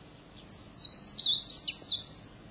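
Siberian bunting singing one quick phrase of high, clipped chirps and slurred notes, tumbling up and down for about one and a half seconds.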